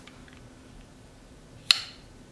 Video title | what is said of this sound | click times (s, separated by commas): The Absolute BEST Barbell Collars! | they have a very nice click | 1.7 s